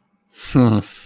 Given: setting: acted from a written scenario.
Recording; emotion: vocal sound without words; disappointment